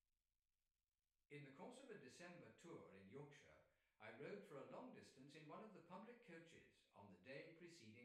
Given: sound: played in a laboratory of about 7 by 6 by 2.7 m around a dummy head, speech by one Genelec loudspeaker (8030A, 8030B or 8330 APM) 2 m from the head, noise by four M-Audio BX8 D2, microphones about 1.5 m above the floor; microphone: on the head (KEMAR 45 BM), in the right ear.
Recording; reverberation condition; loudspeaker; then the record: male speech in English; medium; 90 degrees to the left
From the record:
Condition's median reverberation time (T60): about 510 ms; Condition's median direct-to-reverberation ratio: about -0.5 dB